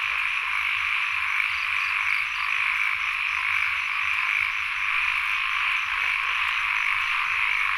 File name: Les Cartes Postales Sonores - Insects Frogs of Sen Monorom